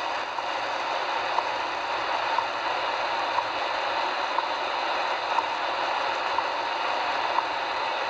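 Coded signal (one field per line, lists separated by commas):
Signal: radio time signal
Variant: WWV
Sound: faint clicks once per second, about 7 ticks, under loud hiss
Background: radio static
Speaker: I'll put it again and do two three frequencies and have the full ID at twenty hundred UTC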